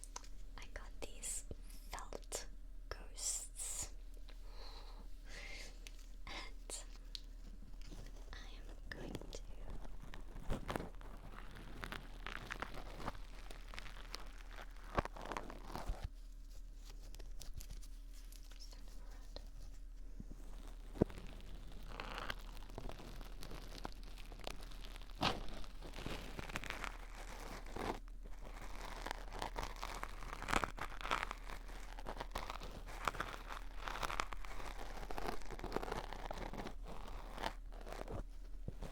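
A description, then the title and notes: Ear-trigger sounds of Q-tips, brushes and plastic: constant soft rustling and crinkling with frequent sharp clicks and scratchy sweeps throughout, plus a steady low hum. Deep & Intense Ear Triggers Q-tips, felt ghosts, brushes & plastic coasters.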